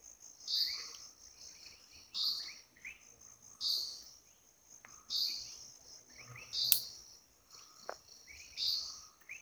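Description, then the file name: Grey-headed bulbul calls: sharp, bright notes repeated about every one and a half seconds, with softer lower chirps between, over a steady high insect buzz. Recorded at Thirunelly, Kerala. "Grey-headed Bulbul (Brachypodius priocephalus) from Thirunelly, Kerala"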